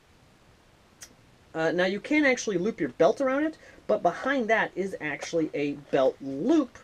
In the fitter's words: actual quick-release clip that allows you to actually open this up slide it into your belt pull it down and actually lock into place now